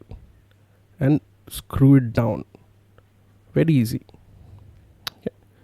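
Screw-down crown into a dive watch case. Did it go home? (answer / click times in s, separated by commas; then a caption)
yes / 5.1 s. A screw-down watch crown on a dive watch case is pressed in and screwed down to lock it for water resistance while someone talks. A sharp knock at 5.1 s marks the crown locking in place.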